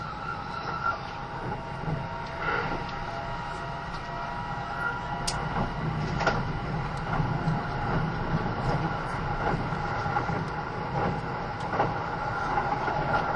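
Inside a Kintetsu 80000 series Hinotori limited express train, a steady low rumble of running gear holds throughout, with faint tonal whines from the motors. Brief clicks and knocks from the rails break in every second or two, sharpest around five to six seconds.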